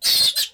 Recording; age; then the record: pig call; piglet (1 to 25 days)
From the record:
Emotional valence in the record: negative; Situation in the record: castration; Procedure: castration, fixation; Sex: male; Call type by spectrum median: high-frequency call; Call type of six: mixed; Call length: 0.54 s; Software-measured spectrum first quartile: 4070 Hz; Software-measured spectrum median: 4895 Hz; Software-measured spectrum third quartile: 7994 Hz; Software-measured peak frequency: 4193 Hz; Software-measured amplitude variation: 200 dB a second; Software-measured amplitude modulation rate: 19.5 a second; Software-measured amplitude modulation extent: 10.3 dB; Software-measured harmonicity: 5.7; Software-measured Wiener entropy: -2.49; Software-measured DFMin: 1119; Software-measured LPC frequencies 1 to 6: 902, 1902, 3578, 4267, 8834, 10801 Hz